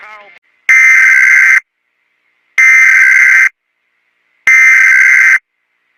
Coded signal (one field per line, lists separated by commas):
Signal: Emergency Alert System (SAME) tones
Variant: header bursts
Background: speech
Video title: EAS Scenario: Red Mist clip